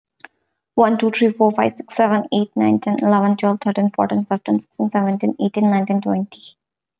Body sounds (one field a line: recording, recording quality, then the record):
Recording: counting at a fast pace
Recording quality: excellent, no background noise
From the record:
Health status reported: healthy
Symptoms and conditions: none ticked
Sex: female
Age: 23 years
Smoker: not ticked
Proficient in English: yes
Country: India